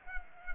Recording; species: mosquito wingbeat signal from an infrared sensor; Culex pipiens